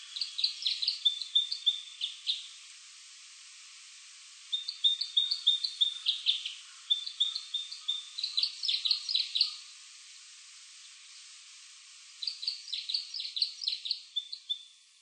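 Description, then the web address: Red crossbill calls: bursts of sharp, rapid chip notes in clusters lasting about two to three seconds, separated by brief quiet pauses. Recorded at Shimokita, Japan, on 27 March 2012. "koe isuka 120327 shimokita mikami"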